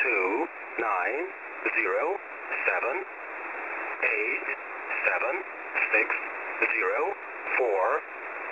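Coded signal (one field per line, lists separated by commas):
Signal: numbers station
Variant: English Man, English voice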